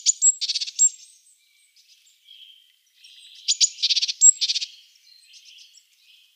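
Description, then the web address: Great tit uttering high sharp notes mixed with buzzy churring rattles, two dense bursts separated by a quieter interval. "Schulze Peter Great Tit calls"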